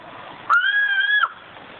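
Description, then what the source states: Sumatran cuckoo call: a single steady, even-pitched note with a slight rise at the start, held for under a second over faint background hiss. First recording of the call, made overnight on a cell phone recorder beside the bird; call basically unknown for 150 years; said to sound a bit like a chicken running scared.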